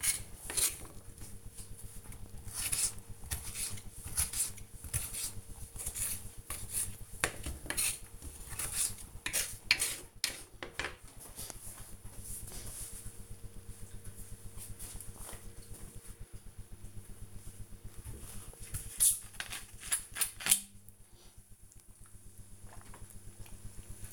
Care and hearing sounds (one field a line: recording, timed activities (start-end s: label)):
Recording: household activities, microphone on the right wrist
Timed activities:
0.00-11.11 s: cutting vegetables